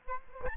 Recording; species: mosquito wingbeat signal from an infrared sensor; Aedes albopictus